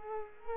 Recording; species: mosquito wingbeat signal from an infrared sensor; Culex quinquefasciatus